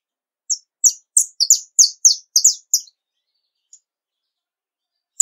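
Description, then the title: Domestic canary song: a quick series of about ten sharp, high chirped notes in a row, then quiet with a couple of isolated brief notes. Portuguese canary breed. "Kenari Portugis"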